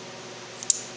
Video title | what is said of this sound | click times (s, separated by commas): MultiTools- Leatherman and Gerber | and these this tool locks into place | 0.7 s